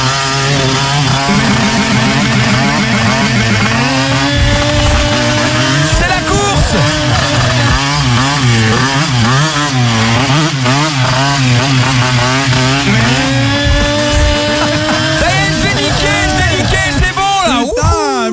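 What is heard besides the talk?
scooter engine revving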